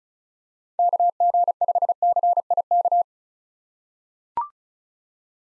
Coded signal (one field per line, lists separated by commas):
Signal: Morse code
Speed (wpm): 36 wpm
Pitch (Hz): 700 Hz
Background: none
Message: KG5CIK